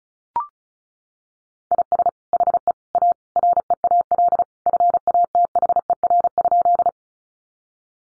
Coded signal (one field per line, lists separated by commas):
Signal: Morse code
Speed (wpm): 34 wpm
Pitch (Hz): 700 Hz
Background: none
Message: IS HE A REAL FATHER?